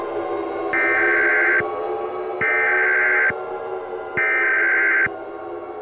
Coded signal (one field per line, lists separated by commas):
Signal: Emergency Alert System (SAME) tones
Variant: header bursts